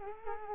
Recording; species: mosquito wingbeat signal from an infrared sensor; Culex quinquefasciatus